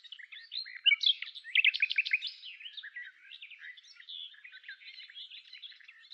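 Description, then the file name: Common nightingale song, a rich run of varied chirps and rapid stuttering notes, loudest in a burst of quick repeated phrases early on, then softer twittering. "Luscinia megarhynchos"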